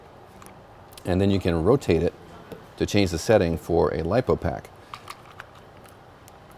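A plastic battery hold-down strap on a Traxxas 4-Tec 2.0 Ford GT RC car chassis is unclipped and pops out with a single sharp click at 0.5 s. It is being released so it can be moved from the nickel metal hydride position to the LiPo position. Someone then talks, and a few more light clicks follow.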